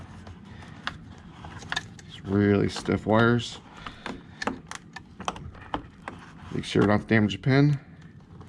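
A plug on the high-beam trigger wire harness, with stiff wires, is handled at its mating connector on a utility vehicle while someone talks about checking for a damaged pin. Sharp plastic ticks and handling clicks are heard between the talking. The plug has not seated or clicked in yet.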